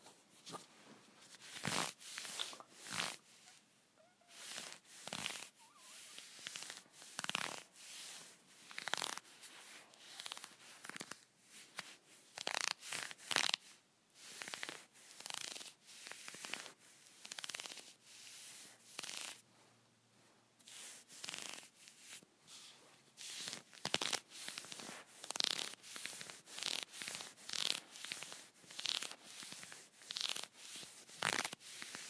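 Fingernails scratch leggings in quick, irregular rasping strokes that come in bursts throughout, bright and scratchy, with brief quiet gaps between runs.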